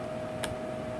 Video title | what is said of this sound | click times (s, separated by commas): Lenovo t560 upgrade RAM | Make sure it goes all the way in, and then you will hear a click noise. | 0.4 s